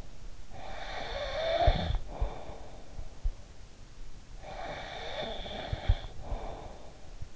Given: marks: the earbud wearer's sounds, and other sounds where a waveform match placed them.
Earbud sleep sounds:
sounds in sleep by an in-ear microphone; snoring breath
0.59-2.93 s: snoring breath
4.42-7.19 s: snoring breath

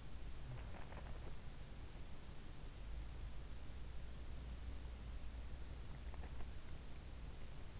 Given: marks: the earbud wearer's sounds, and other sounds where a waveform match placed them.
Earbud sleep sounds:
sounds in sleep by an in-ear microphone; body movement
0.53-1.44 s: body movement

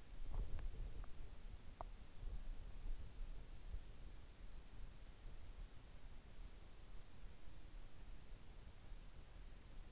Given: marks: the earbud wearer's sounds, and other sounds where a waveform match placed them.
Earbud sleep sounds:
sounds in sleep by an in-ear microphone; body movement
0.00-2.18 s: body movement

